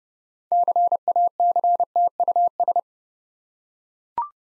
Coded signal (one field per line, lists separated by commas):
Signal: Morse code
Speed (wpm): 30 wpm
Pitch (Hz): 700 Hz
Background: none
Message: CACTUS